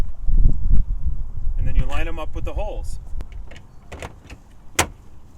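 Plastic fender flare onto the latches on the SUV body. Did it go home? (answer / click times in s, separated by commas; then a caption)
yes / 4.8 s. Someone talks while lining up the plastic fender flare of a 2021 Ford Bronco with the holes over its five quarter-turn latches and pushing it onto the SUV body. A few light taps sound from about 3.2 s to 4.3 s, then one strong, sharp snap at 4.8 s as the flare seats onto the latches.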